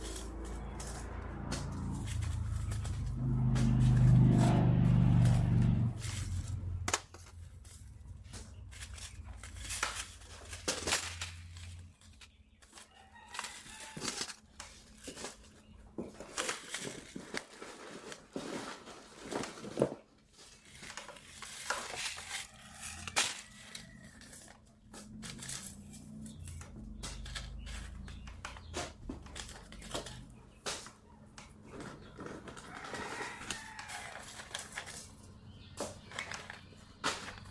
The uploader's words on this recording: Sorting Seed packets. Sorting packets of seeds.